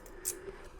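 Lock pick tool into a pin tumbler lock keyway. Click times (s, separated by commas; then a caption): 0.3 s. A metal Lishi S123/C123 pick-decoder with its lifter raised to the highest position is slid into a pin tumbler lock keyway. A faint scrape is followed by a sharp metallic click at 0.3 s, with a smaller tick near the end. The pick stops and gets stuck short of full insertion, not going all the way in.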